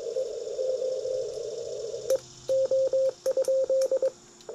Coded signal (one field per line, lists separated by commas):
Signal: Morse code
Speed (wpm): 21 wpm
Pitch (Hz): 530 Hz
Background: radio noise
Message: E O E O?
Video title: Easy Wire Vertical 3 Bands and No Balun